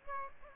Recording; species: mosquito wingbeat signal from an infrared sensor; Aedes aegypti